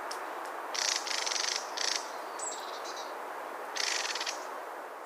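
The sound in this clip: Mistle thrush giving dry, chattering rattles in several bursts, each under a second, with a few thin high notes between them over steady background hiss.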